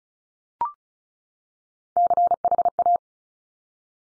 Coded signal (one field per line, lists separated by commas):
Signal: Morse code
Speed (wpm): 36 wpm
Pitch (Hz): 700 Hz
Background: none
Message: CHA